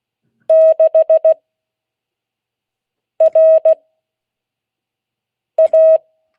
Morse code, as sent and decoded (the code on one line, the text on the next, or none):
-.... / .-. / .-
6 R A